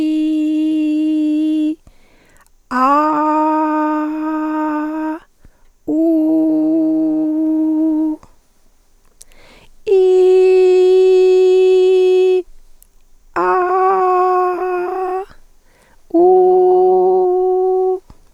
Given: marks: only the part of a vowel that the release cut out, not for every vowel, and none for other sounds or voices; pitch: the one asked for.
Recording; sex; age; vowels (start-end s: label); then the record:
sustained vowels; female; 60 to 69 years
0.00-1.67 s: vowel /i/, normal pitch
2.92-4.85 s: vowel /a/, normal pitch
6.26-8.04 s: vowel /u/, normal pitch
10.25-12.23 s: vowel /i/, high pitch
13.42-15.13 s: vowel /a/, high pitch
16.25-17.86 s: vowel /u/, high pitch
From the record:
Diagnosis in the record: hyperfunctional dysphonia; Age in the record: 64 years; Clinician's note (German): Beginnend